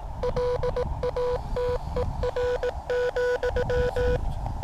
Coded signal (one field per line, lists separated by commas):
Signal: Morse code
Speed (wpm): 18 wpm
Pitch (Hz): 490 Hz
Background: none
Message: LATER,